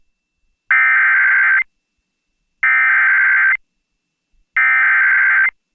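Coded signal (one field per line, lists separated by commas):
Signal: Emergency Alert System (SAME) tones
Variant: header bursts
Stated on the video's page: Severe thunderstorm warning from NWS Medford relayed by an FM station in Ashland, recorded from its online live stream.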